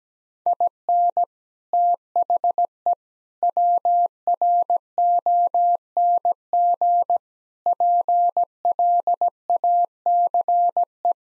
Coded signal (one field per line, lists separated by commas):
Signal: Morse code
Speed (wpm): 17 wpm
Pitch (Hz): 700 Hz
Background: none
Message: IN THE WRONG PLACE